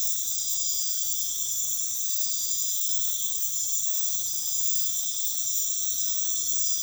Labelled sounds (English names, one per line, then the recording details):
none
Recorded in dense forest near Puerto Asís, Putumayo, Colombia, on 21 February 2024 at 02:00
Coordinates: 0.505, -76.324
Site G6467